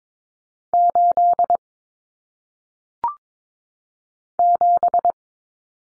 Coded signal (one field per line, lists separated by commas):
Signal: Morse code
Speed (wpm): 22 wpm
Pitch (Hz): 700 Hz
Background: none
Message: 8 7